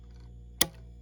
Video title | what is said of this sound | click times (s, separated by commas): Necchi feed dog after | and that's the click you want to hear | 0.6 s